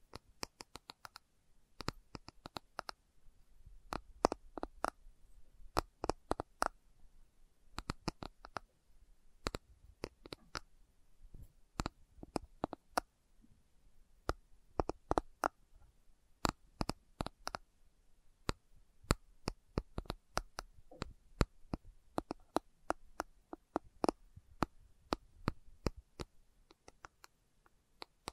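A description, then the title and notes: Slow tapping made of sharp, crisp clicks that come in irregular bursts, sometimes a few quick taps together, then brief pauses. The taps stay fairly even in loudness throughout, with a faint low hum underneath and no voice. ASMR Slow Tapping for Deep Sleep (No Talking).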